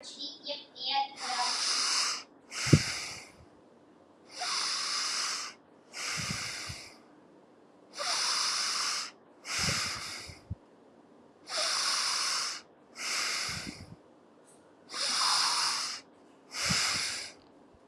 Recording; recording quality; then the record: deep breathing; excellent, no background noise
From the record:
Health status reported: recovered from COVID-19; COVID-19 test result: positive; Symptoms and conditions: none ticked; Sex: female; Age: 38 years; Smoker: not ticked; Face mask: not worn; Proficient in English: yes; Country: India